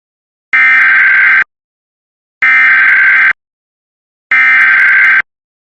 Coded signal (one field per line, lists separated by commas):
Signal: Emergency Alert System (SAME) tones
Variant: header bursts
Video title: Administrative message EAS #12